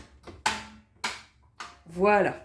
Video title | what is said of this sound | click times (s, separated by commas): I companion touch pro XL (présentation) de Moulinex! | Là, il est bien clipsé. | 0.5 s, 1.0 s